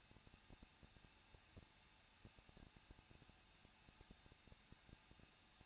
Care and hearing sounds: daily activity, microphone in the room; no activity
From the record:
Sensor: 2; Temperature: 21.0 degrees Celsius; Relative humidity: 37.5%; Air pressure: 1006.3 hPa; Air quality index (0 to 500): 224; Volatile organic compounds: 25 ppm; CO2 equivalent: 2840 ppm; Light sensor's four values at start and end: 2/3/2/2 and 2/3/2/2

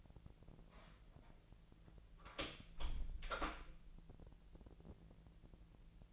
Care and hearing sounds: daily activity, microphone in the room; close door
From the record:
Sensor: 5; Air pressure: 1001.4 hPa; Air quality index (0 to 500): 249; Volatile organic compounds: 35 ppm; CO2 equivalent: 3064 ppm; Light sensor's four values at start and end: 38/87/35/34 and 38/87/35/34

